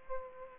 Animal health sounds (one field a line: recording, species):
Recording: mosquito wingbeat signal from an infrared sensor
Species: Aedes aegypti